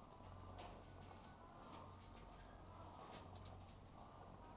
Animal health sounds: poultry house recording; sick chickens (respiratory disease)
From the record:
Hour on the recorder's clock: 12

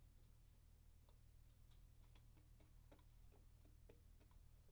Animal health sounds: poultry house recording; no chicken sound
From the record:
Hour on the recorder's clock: 0

